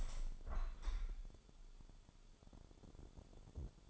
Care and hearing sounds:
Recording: daily activity, microphone in the room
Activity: open window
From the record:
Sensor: 5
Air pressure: 1015.0 hPa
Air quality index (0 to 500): 95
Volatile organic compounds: 2 ppm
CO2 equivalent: 1019 ppm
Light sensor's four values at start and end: 35/80/32/31 and 35/80/32/31

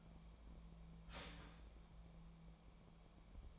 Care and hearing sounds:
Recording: daily activity, microphone in the room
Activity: start toaster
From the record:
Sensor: 1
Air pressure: 1000.3 hPa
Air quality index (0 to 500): 158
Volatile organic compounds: 3 ppm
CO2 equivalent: 1471 ppm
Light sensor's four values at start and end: 28/71/30/36 and 29/72/30/36

